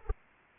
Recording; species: mosquito wingbeat signal from an infrared sensor; Anopheles arabiensis